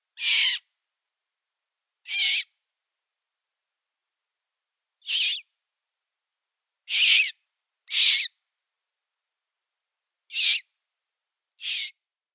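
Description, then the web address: Eurasian magpie nestlings' hoarse, hissing begging calls, seven broad bursts with irregular pauses of under one to about three seconds. "Schulze Peter Eurasian Magpie nestlings"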